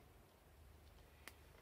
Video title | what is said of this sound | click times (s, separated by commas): コバ塗りして乾燥させる時 レザークラフト | パチンとはまるんですよねで大きくできるの | 1.3 s